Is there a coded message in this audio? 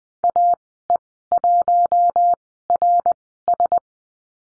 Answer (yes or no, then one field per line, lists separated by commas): yes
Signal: Morse code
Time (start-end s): 0.2-3.8 s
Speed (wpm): 20 wpm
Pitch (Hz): 700 Hz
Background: none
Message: AE1RS